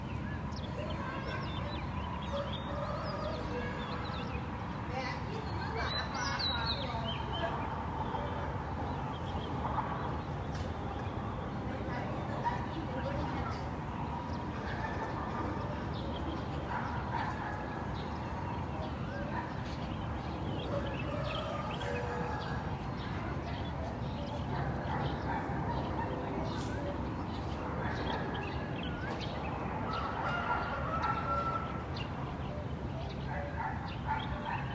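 Morning sounds from Dali: birds call one after another, some chirping busily, others giving a repeated cuckoo-like note, over a steady low rumble. Voices, a dog's bark and a rooster's crow surface at times across the mix, which stays even throughout.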